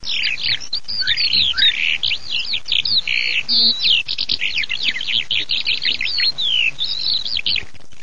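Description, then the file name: Eurasian skylark singing a fast, unbroken stream of high warbling and chirping notes with quick trills and rising and falling slurs throughout. "ALLODOLA"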